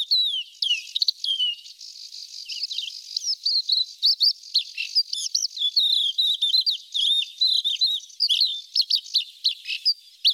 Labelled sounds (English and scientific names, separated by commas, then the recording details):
Crested Lark (Galerida cristata) song
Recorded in the wild
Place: Nagyivan / Hortobagy, HU
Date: 1988-05-03
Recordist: Schwarz, Dieter